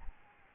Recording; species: mosquito wingbeat signal from an infrared sensor; Aedes albopictus